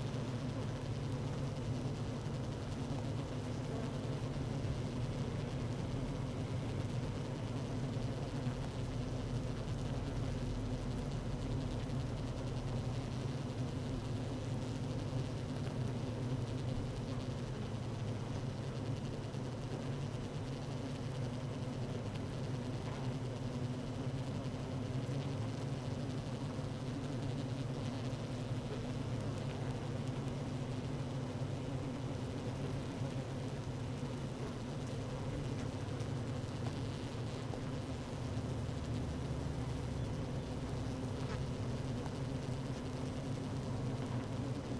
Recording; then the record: honeybee colony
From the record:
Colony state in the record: active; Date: 12 June 2018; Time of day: 15:41